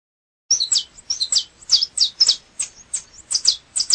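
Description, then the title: Double-collared seedeater song: a rapid run of high, sharp chirping notes, starting after a brief silence. "Canto Coleiro"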